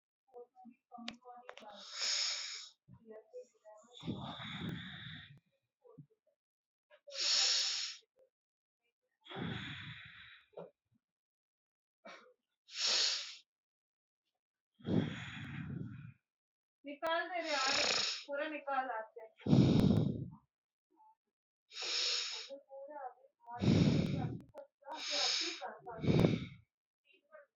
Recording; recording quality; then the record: deep breathing; excellent, no background noise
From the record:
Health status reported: COVID-19 positive, mild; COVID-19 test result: positive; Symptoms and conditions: fever, loss of smell and taste, diabetes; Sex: male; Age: 47 years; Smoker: not ticked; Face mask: not worn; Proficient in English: yes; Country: India